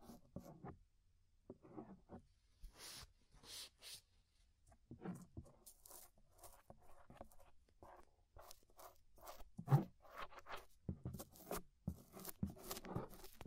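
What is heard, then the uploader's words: Inner and outer ear scraping: irregular bursts of crackly, rustling scrapes, some short and sharp, others drawn out over a second or so. Pauses of near silence separate the early strokes, then the scraping grows busier and denser after about ten seconds. Inner and Outer Ear Scraping (No Talking).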